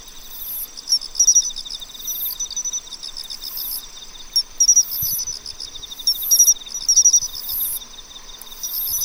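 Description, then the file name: Pine cricket song: short bright chirping phrases repeated over a steady high-pitched insect hiss. "Matsumushi"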